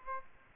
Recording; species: mosquito wingbeat signal from an infrared sensor; Aedes aegypti